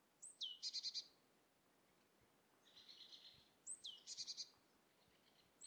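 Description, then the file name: Great tit calling: a high down-sweeping whistle running into a rapid buzzy rattle, twice, with a fainter churring call between them. "Parus major"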